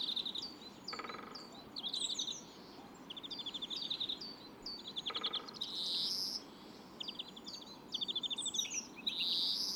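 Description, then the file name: European greenfinch song, runs of rapid twittering notes broken by loud, harsh buzzy wheezes, with faint hiss behind. "Chloris chloris"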